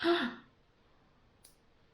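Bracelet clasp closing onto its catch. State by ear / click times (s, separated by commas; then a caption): seated / 1.4 s. Someone talks briefly at the start, then a new bracelet's clip clasp is closed by hand onto its catch. A short, sharp high-pitched click is heard at 1.5 s as the clasp clips shut and seats.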